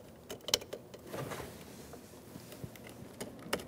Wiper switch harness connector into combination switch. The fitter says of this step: we go push till it clicks and push that little red tab right in